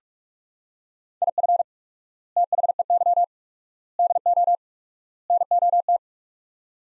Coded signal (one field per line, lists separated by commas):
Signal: Morse code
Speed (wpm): 45 wpm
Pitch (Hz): 700 Hz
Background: none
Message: IF THEY DO NOT